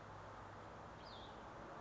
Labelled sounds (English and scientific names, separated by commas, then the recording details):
Cassin's Vireo (Vireo cassinii)
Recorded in Sonoma County, California